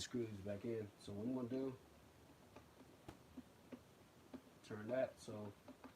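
While reassembling the housing of a Hoover U6432-900 vacuum cleaner, a housing screw is turned toward its plastic screw post as someone talks, with faint handling ticks between the words. Nothing has seated or clicked yet; the clip ends just before the screw goes home.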